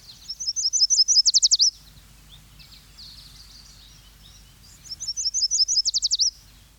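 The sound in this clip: Yellow warbler singing twice, each song a quick run of high notes ending in a fast flourish, separated by a few seconds of quiet with faint chirps.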